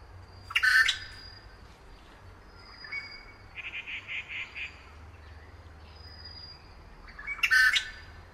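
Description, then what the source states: Grey treepie calls: a grating squawk, a soft rhythmic burst of five or six chattering notes midway, then a second harsh squawk near the end. Recorded at Yushan.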